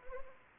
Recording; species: mosquito wingbeat signal from an infrared sensor; Anopheles gambiae